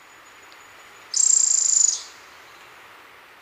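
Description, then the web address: Bronze-olive pygmy-tyrant call: a single rapid, very high trill lasting under a second, pulsing evenly, with steady hiss behind. Recorded in Ecuador. "Natures Songs S America Birds of Ecuador Bronze-olive Pygmy-Tyrant"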